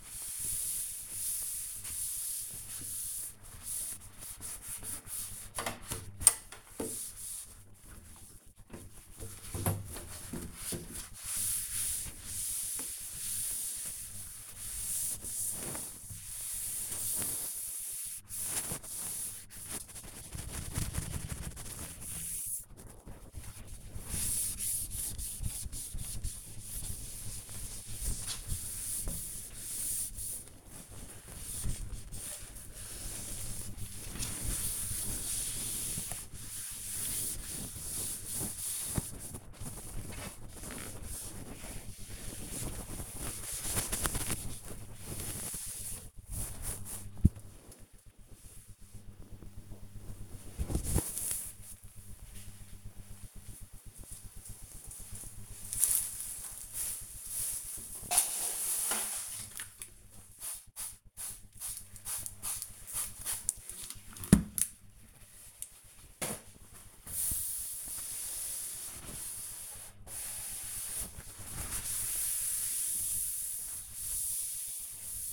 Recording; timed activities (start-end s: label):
household activities, microphone on the right wrist
0.00-45.99 s: cleaning door
57.09-75.33 s: cleaning door